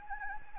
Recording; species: mosquito wingbeat signal from an infrared sensor; Anopheles gambiae